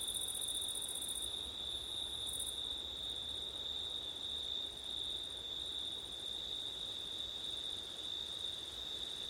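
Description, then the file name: Crickets singing in a steady high continuous trill, with a second pulsed insect buzz higher up breaking into short bursts, over a low wind rumble. Crickets recorded on a September night with wind. "crickets wind september night ortif"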